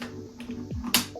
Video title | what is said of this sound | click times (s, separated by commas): Eureka WhirlWind Bagless Canister Vacuum Test & Review | But you literally just line it up, and you'll hear it click and paste again. | 0.9 s